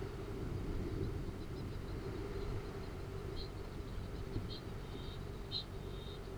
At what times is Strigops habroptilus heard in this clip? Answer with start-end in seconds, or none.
3.08-6.34